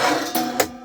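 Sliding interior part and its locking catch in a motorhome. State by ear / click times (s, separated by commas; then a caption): seated / 0.6 s. Inside a 2021 Chausson 33 Line V697 motorhome, a lever is pressed out so a sliding interior part can move, and the part is slid along until its catch locks it in place. A duller knock at 0.35 s is followed by a sharp click at 0.6 s as the part seats and locks.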